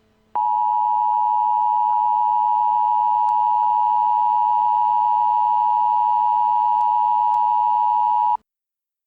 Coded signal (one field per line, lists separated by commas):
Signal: Emergency Alert System (SAME) tones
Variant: 853 and 960 Hz attention tone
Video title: THEY ARE HERE ! A War of The Worlds EAS